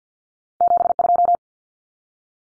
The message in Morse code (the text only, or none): 72